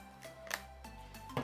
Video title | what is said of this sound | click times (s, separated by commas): Best RUGGED Cases for iPad Pro 2024 (M4): THE ONES TO BUY! | and you'll hear them click | 0.5 s, 1.4 s